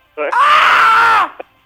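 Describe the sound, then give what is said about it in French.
A loud, sustained cry of pain from a single voice, acted as if after falling down stairs, strained and harmonic, holding for about a second before breaking off, followed by a short gasp. “Je me pète la gueule, je tombe dans les marches, okay. Je crie « Ah!”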